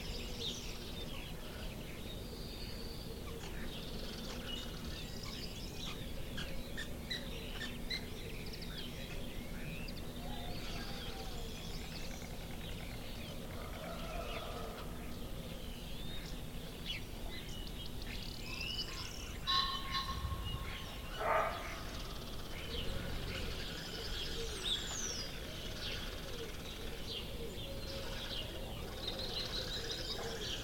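Doves coo and canaries warble over a steady, low background hum, with bird calls scattered throughout rather than in any regular pattern. Around twenty seconds a brief, brighter cluster of chirps and a thump stand out, then the busy, even chatter resumes.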